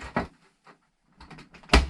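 A new, stiff plastic blind/flynet clip is pushed into a caravan rooflight frame while the blind/flynet frame is being refitted. A knock at about 0.2 s and a few faint ticks and rustles between 1.2 and 1.6 s lead to a sharp, loud click at 1.7 s as the clip seats in place.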